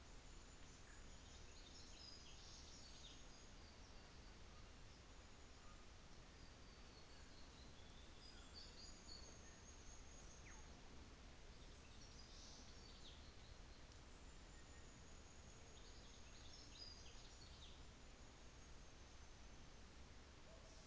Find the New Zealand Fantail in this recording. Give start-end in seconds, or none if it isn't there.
0.07-3.65, 8.26-10.77, 13.94-19.80